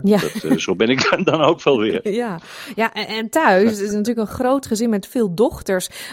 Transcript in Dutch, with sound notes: Ja, zo ben ik dan ook wel weer. [lacht]
Ja. Ja en, en thuis is natuurlijk een groot gezin met veel dochters.